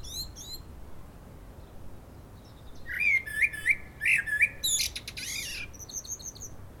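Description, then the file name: Common blackbird song with a brief high twitter, a pause, then a run of rich fluted whistles leading into a buzzy, high squeaky flourish. "Turdus merula"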